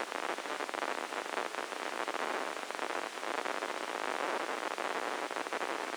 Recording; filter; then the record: brain microelectrode recording played as sound; spike band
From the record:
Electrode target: subthalamic nucleus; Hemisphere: left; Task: reaching with the right hand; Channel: 1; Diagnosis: Parkinson's disease